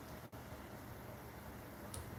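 A click-type torque wrench set to 80 tightens a bolt on a Predator 212cc small engine during assembly. Over a steady background hiss, the wrench gives one short, sharp click at 1.9 s when it breaks over, confirming the bolt has reached the 80 torque setting.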